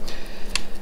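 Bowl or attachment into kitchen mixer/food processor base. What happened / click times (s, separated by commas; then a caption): The appliance bowl locked into its base / 0.6 s. On a retry, a bowl or attachment for a Cuisinart stand mixer or KitchenAid food processor is turned into place on the base. It locks in with a single sharp tick at 0.6 s, and the bowl is seated.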